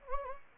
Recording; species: mosquito wingbeat signal from an infrared sensor; Anopheles gambiae